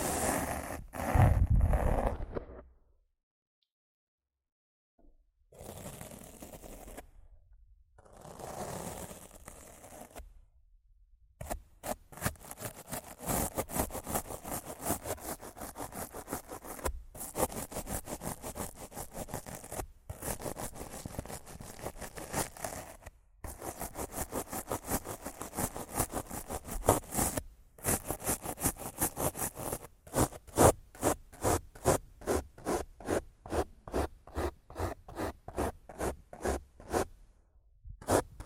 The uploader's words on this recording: ASMR Rough Mic Scratching & Brushing (No Talking).